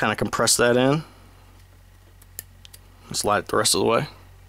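A slide cover plate is slid onto the rear of a Glock 26 pistol slide, with the springs compressed into the slide. Someone talks at the start and end, with a few faint handling ticks around 2.2 to 2.7 seconds in between. The plate has not snapped home or seated yet.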